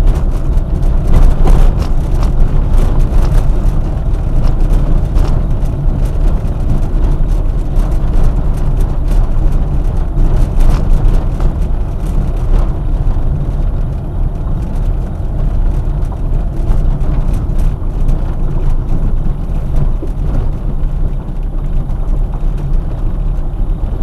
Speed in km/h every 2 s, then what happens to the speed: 26, 26, 26, 27, 27, 26, 26, 26, 19, 15, 16, 17.
0-15 steady at about 26. 15-18 brakes to 15. 18-24 steady at about 16.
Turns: 17-21.